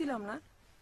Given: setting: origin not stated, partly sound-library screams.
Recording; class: one-second piece from a danger detection set; normal situation